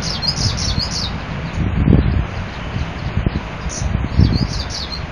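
Bird singing thin, high chirps in short series near the start and again toward the end, partly buried under strong wind rumble and rustling.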